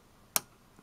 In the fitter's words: There! It made a little click, and now the spring is above the edge there.